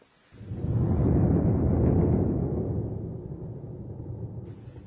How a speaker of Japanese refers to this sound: 这是打雷的声音吧？ 对，用日语说呢是 ゴロゴロ。